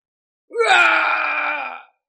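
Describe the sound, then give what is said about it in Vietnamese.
A single sustained, anguished and defiant roar from a human voice, harmonic-rich and strained, holding steady for over a second before cutting off, with no other sounds around it. “Truyền đến tiếng gào không cam lòng với bất khuất.”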